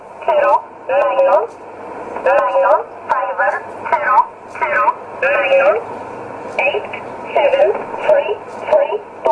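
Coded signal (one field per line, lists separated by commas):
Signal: numbers station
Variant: E11 Oblique, English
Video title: 12 08 2017 Numbers station E11 Oblique in English to Eu 0811 on 9079 in USB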